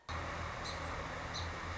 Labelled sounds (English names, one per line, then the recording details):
Song Sparrow
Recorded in Sonoma County, California